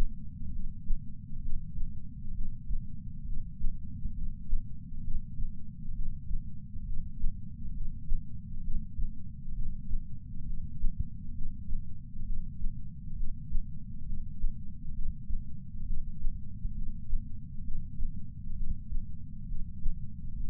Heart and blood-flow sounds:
heart sounds by patch sensor on the chest; 67 bpm
0.48 s: heartbeat
1.38 s: heartbeat
2.30 s: heartbeat
3.22 s: heartbeat
4.11 s: heartbeat
4.99 s: heartbeat
5.91 s: heartbeat
6.82 s: heartbeat
7.70 s: heartbeat
8.59 s: heartbeat
9.51 s: heartbeat
10.42 s: heartbeat
11.30 s: heartbeat
12.22 s: heartbeat
13.13 s: heartbeat
14.02 s: heartbeat
14.90 s: heartbeat
15.82 s: heartbeat
16.71 s: heartbeat
17.60 s: heartbeat
18.52 s: heartbeat
19.44 s: heartbeat
20.33 s: heartbeat
From the record:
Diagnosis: coronary artery disease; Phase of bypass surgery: preoperative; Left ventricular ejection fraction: 53.1%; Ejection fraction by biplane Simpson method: 48.3%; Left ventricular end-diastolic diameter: 61 mm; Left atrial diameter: 40 mm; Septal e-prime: 7 cm/s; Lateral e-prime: 11.9 cm/s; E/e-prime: 9.8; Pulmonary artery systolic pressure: 34 mmHg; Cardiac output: 5.1 L/min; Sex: female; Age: 60 years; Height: 158 cm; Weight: 54 kg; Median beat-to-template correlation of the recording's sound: 0.90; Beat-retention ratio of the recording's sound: 1.00

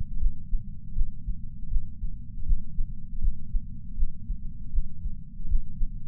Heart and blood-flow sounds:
heart sounds by patch sensor on the chest; 79 bpm
0.19 s: heartbeat
0.94 s: heartbeat
1.70 s: heartbeat
2.45 s: heartbeat
3.20 s: heartbeat
3.96 s: heartbeat
4.72 s: heartbeat
5.47 s: heartbeat
From the record:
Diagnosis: coronary artery disease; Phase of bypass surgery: postoperative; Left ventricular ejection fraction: 62.4%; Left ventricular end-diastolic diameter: 42 mm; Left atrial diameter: 36 mm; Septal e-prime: 5.8 cm/s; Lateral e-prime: 9.2 cm/s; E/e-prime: 7.3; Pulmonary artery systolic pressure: 36 mmHg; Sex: male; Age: 59 years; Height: 162 cm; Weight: 60 kg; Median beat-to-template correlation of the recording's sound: 0.83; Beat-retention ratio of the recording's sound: 0.99

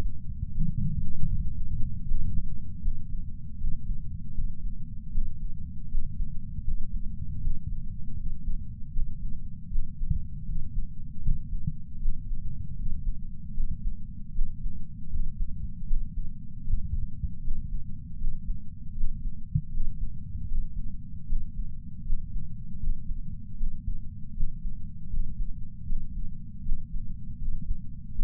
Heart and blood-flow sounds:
heart sounds by patch sensor on the chest; 78 bpm
0.52 s: heartbeat
1.28 s: heartbeat
2.05 s: heartbeat
2.82 s: heartbeat
3.58 s: heartbeat
4.34 s: heartbeat
5.12 s: heartbeat
5.89 s: heartbeat
6.64 s: heartbeat
7.41 s: heartbeat
8.17 s: heartbeat
8.93 s: heartbeat
9.70 s: heartbeat
10.46 s: heartbeat
11.22 s: heartbeat
11.99 s: heartbeat
12.76 s: heartbeat
13.54 s: heartbeat
14.33 s: heartbeat
15.10 s: heartbeat
15.87 s: heartbeat
16.64 s: heartbeat
17.42 s: heartbeat
18.18 s: heartbeat
18.95 s: heartbeat
19.71 s: heartbeat
20.48 s: heartbeat
21.26 s: heartbeat
22.04 s: heartbeat
22.80 s: heartbeat
23.57 s: heartbeat
24.34 s: heartbeat
25.10 s: heartbeat
25.86 s: heartbeat
26.63 s: heartbeat
27.38 s: heartbeat
28.15 s: heartbeat
From the record:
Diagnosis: coronary artery disease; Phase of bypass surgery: preoperative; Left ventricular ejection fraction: 66.3%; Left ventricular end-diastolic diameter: 44 mm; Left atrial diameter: 34 mm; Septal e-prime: 5.3 cm/s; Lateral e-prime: 9.3 cm/s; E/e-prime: 13.2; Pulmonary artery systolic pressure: 31 mmHg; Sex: male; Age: 76 years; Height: 164 cm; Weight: 75 kg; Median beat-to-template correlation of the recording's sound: 0.83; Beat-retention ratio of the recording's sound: 0.97

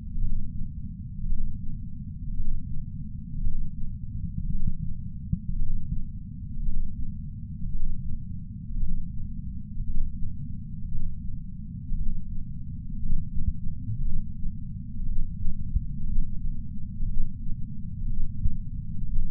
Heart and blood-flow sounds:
heart sounds by patch sensor on the chest; 57 bpm
0.18 s: heartbeat
1.26 s: heartbeat
2.34 s: heartbeat
3.41 s: heartbeat
4.49 s: heartbeat
5.56 s: heartbeat
6.63 s: heartbeat
7.69 s: heartbeat
8.77 s: heartbeat
9.84 s: heartbeat
10.88 s: heartbeat
11.95 s: heartbeat
12.99 s: heartbeat
14.02 s: heartbeat
15.05 s: heartbeat
16.05 s: heartbeat
17.06 s: heartbeat
18.06 s: heartbeat
19.05 s: heartbeat
From the record:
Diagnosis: coronary artery disease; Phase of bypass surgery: preoperative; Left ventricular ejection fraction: 61.9%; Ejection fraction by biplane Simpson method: 50.3%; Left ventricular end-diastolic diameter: 48 mm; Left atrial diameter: 41 mm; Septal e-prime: 7.5 cm/s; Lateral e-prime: 8.4 cm/s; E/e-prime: 8.7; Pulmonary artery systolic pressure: 21 mmHg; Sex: male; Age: 71 years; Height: 162 cm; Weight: 75 kg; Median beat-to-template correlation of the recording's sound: 0.81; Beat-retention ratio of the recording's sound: 0.97

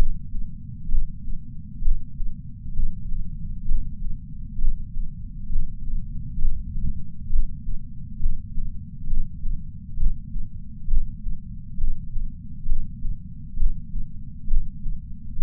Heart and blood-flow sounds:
heart sounds by patch sensor on the chest; 66 bpm
0.88 s: heartbeat
1.81 s: heartbeat
2.73 s: heartbeat
3.65 s: heartbeat
4.58 s: heartbeat
5.49 s: heartbeat
6.38 s: heartbeat
7.29 s: heartbeat
8.19 s: heartbeat
9.07 s: heartbeat
9.96 s: heartbeat
10.87 s: heartbeat
11.77 s: heartbeat
12.65 s: heartbeat
13.56 s: heartbeat
14.47 s: heartbeat
15.36 s: heartbeat
From the record:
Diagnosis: coronary artery disease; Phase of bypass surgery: preoperative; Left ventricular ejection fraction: 64%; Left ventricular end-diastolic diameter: 46 mm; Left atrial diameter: 41 mm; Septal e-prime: 5 cm/s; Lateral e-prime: 6 cm/s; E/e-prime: 12.5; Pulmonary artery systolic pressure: 30 mmHg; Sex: male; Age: 62 years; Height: 165 cm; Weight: 72 kg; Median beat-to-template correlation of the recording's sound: 0.93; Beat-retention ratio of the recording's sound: 0.99

